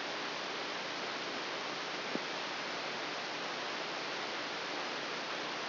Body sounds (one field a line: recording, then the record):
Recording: brain microelectrode recording played as sound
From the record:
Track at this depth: inside the subthalamic nucleus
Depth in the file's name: 3.308 mm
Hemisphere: left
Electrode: 2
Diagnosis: Parkinson's disease